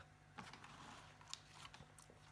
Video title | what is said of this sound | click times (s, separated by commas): DOUBLE WATERFALL ALBUM PART 4 | so our first magnet popped into place | 1.3 s